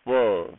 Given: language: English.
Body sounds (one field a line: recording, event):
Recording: throat vibration sensor signal played as sound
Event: speech